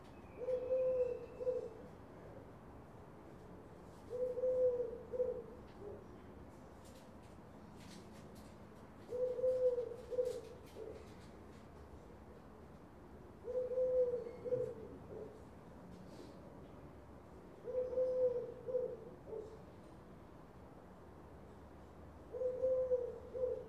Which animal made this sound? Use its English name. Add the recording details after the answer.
Eurasian Collared Dove. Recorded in the wild. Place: La Rochelle, FR. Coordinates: 46.1622, 1.15111. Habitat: city. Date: 2011-09-15. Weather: 15°C, sunny. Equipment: Zoom H2. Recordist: Frommolt, Karl-Heinz